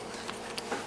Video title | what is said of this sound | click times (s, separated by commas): Joovy Scooter Stroller - Unboxing Assembly & Review | the assembly slides on and snaps into place | 0.6 s